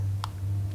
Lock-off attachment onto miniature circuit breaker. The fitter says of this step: locking aspect of it and you should hear a snap now it is padlock ready